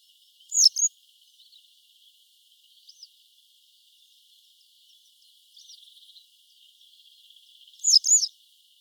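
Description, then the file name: Western yellow wagtail giving loud, thin paired call notes at the opening and again near the end, separated by soft high chirping and a brief hiss. "Motacilla flava"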